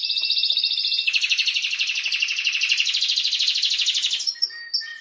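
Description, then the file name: Canary song: a sustained rapid rattling trill lasting about four seconds, closing with a few sharp chirps. Trio of canaries; training recording (masteran) for teaching songbirds. "kenari trio masteran omkicau"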